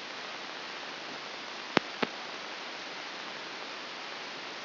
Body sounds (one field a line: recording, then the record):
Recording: brain microelectrode recording played as sound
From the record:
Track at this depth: inside the subthalamic nucleus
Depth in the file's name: 1.1 mm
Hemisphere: left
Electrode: 2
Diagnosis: Parkinson's disease